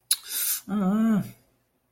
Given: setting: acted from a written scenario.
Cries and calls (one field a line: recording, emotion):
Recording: vocal sound without words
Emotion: desire